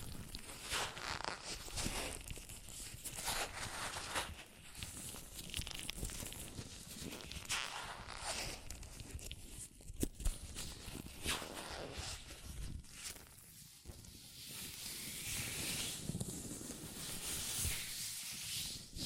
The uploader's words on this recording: ASMR Latex Gloves Hand Sounds (No Talking).